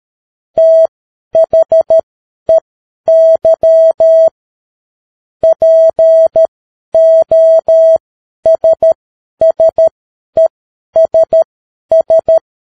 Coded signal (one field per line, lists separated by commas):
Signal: Morse code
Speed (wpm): 13 wpm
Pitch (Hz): 650 Hz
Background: none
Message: THEY POSSESS